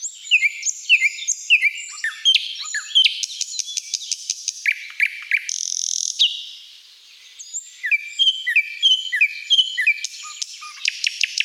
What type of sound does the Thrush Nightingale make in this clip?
song